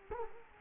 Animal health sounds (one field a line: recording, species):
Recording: mosquito wingbeat signal from an infrared sensor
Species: Culex quinquefasciatus